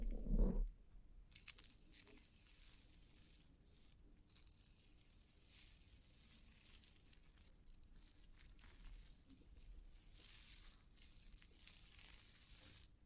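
Bling trigger sounds: a thump at the start, then a dense, bright, steady crinkling and scratching that runs on, pausing briefly near four seconds.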